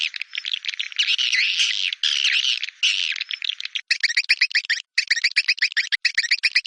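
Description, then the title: Swiftlet chattering calls, a dense raspy twittering chatter, changing to quick series of sharp, stuttering chirps in the second half. "Suara Burung Wallet"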